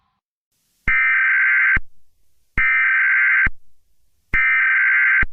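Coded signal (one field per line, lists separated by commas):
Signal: Emergency Alert System (SAME) tones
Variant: header bursts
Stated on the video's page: Fictional EAS scenario, not a real alert.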